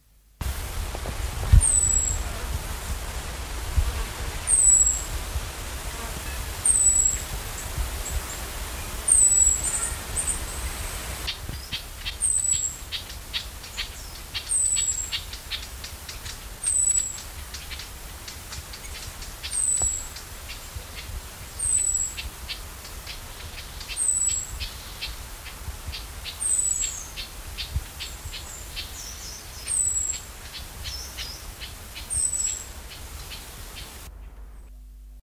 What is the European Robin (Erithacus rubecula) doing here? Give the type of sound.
alarm call